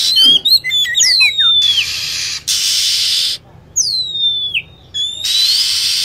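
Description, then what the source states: Lovebird calls: a fast burst of squeaky chirps, then long falling whistles, interleaved with hissing noise. Lure recording used to attract lovebirds.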